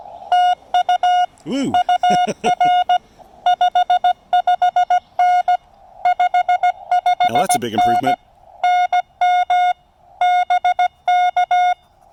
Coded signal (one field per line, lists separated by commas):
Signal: Morse code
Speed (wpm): 17 wpm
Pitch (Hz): 1440 Hz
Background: speech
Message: TU UR 55N 55N NM BK